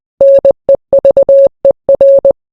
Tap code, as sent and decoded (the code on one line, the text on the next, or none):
none